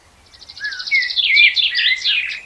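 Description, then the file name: Common blackbird song: a rapid run of high twittering notes over a low fluted whistle and a warbling phrase. "Turdus merula"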